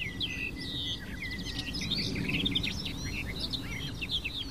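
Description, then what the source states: Barred warbler singing a babbling run of quick chirps, slurred whistles and rapid notes without pause, with constant low-pitched background noise underneath. Wild bird singing a babbling, melodious, chattering yet full song while perched in the open and visible; nests deep in cover and breeds close to red-backed shrikes, relying on their alarm calls.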